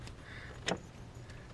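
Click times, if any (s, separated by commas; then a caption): 0.7 s. A VVT magnet solenoid actuator on a GM 6.2L V8 is pushed into its aluminum bore in the engine front cover, metal going into metal. A sharp, short pop at 0.7 s marks it seating in the bore, possibly only as a test fit, against low steady background noise.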